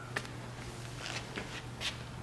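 A magnetic LED module is aligned with a display frame and the magnets pull it into place. A short clack is heard at 0.2 s as it seats, followed by a few faint soft handling sounds over a low steady hum. The module snaps in and is seated.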